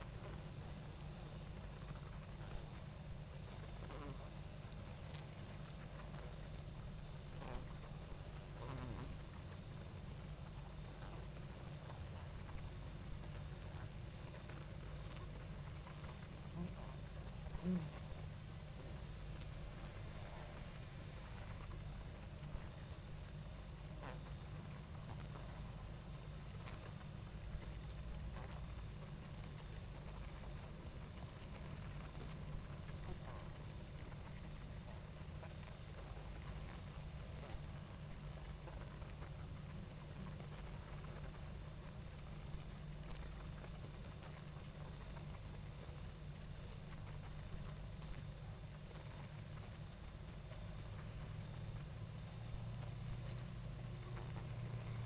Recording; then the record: honeybee colony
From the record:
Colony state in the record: active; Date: 28 July 2017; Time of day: 20:18